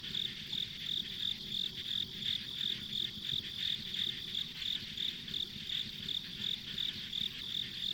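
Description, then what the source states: Shrill insect chirps pulse steadily around three times per second above a constant high-pitched insect drone, with a muffled low rumble underneath. Insects as ambient sound on a rural country road.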